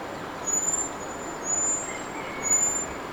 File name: Turdus merula